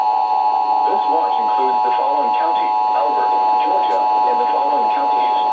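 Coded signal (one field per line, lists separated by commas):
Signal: Emergency Alert System (SAME) tones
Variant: 853 and 960 Hz attention tone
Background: speech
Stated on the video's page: Real alerts from NOAA/NWS transmitter WXJ21, Greenville-Spartanburg office, recorded with a camcorder, an iPhone and a compact camera.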